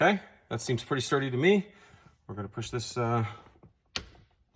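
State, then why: Seated. Someone talks as a replacement sun visor clip tab on a Maserati GranTurismo is pushed back onto its mount, a plastic clip in the headliner. A single sharp snap is heard at 4.0 s as the tab seats and locks in place.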